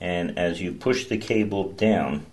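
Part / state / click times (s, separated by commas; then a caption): cable conductor into patch panel punch-down slot / not seated / none. Someone talks while a network cable conductor is pushed down into a patch panel's insulation-displacement slot with an impact punch-down tool, its cutting blade side facing out. No snap is heard; the wire has not seated or been trimmed yet.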